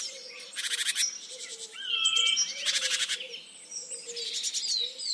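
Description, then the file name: Bird song chorus with bursts of buzzy high trills, a clear whistled sweeping phrase near two seconds, and a soft low note repeating steadily underneath. "zvuki peniia ptits"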